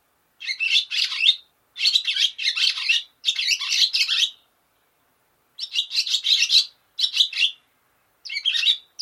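Barn swallow calls: grating, buzzy bursts of chatter about a second long, repeated six times with brief gaps and one longer pause midway.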